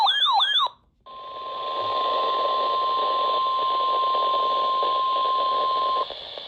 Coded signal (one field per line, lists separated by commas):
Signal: Emergency Alert System (SAME) tones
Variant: 1050 Hz attention tone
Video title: EAS Alerts From 8/16/24: A Compilation (EAS 291-300)